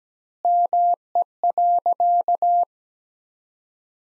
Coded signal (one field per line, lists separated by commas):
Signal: Morse code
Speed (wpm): 17 wpm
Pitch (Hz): 700 Hz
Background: none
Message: ME.